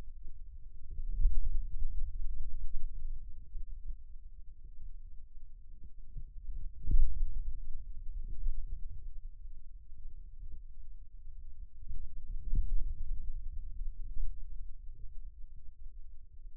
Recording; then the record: forearm muscle sounds (acoustic myography)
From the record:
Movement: finger pinch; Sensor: system 2, bracelet of six BSWA MPA416 microphones around the upper forearm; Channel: 1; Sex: male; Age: 22 years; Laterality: right